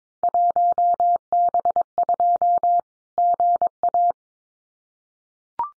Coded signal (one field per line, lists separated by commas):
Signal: Morse code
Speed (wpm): 22 wpm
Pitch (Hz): 700 Hz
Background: none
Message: 1B2 GA